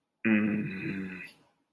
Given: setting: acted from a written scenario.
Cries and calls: vocal sound without words; anger

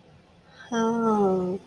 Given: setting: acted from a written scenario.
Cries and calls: vocal sound without words; interest

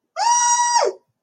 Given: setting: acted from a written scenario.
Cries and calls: vocal sound without words; fear

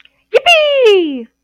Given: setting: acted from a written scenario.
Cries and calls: vocal sound without words; pride

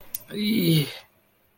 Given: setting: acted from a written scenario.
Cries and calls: vocal sound without words; pain

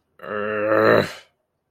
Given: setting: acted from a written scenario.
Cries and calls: vocal sound without words; shame

